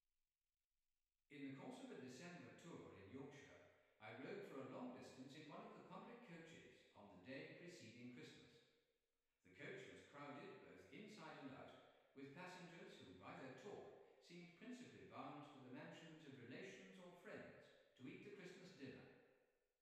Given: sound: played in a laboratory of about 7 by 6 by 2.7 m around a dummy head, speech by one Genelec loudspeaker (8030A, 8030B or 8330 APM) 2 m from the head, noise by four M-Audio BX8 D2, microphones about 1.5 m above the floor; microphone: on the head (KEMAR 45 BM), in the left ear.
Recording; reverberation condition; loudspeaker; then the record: male speech in English; high; 150 degrees to the right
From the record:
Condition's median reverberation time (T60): about 1300 ms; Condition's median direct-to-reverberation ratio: about -4.0 dB